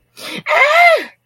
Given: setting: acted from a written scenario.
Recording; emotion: vocal sound without words; fear